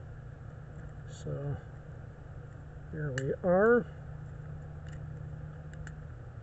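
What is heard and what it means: Someone talks briefly over a steady low hum while handling the plastic arms of an Optimus Prime Legacy 86 version transforming toy truck, moving them forward toward locking into the body. A few faint ticks of handling follow near the end, but the arms have not clicked into place yet.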